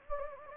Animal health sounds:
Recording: mosquito wingbeat signal from an infrared sensor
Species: Anopheles gambiae

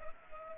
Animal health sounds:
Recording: mosquito wingbeat signal from an infrared sensor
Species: Culex pipiens

